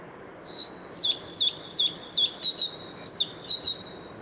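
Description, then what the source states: Bluethroat singing a quick series of high, ringing notes over faint background hiss. Recorded 6 April 2014 at Isarmündung, the Isar river mouth, in the Deggendorf district.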